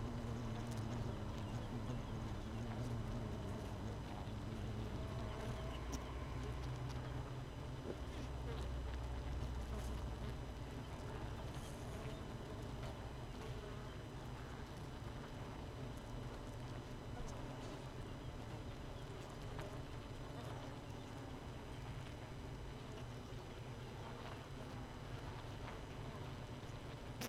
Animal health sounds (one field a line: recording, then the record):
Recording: honeybee colony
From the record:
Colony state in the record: missing queen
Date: 31 May 2018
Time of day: 6:42